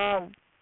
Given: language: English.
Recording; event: throat vibration sensor signal played as sound; speech